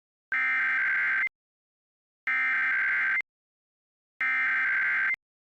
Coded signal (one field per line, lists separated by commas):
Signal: Emergency Alert System (SAME) tones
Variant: header bursts